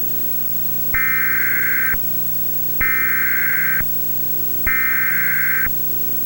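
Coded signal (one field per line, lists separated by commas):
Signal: Emergency Alert System (SAME) tones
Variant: header bursts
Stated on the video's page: Recording of an unexplained EAS oddity, reportedly fake, with VHS overlay.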